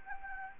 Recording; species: mosquito wingbeat signal from an infrared sensor; Anopheles gambiae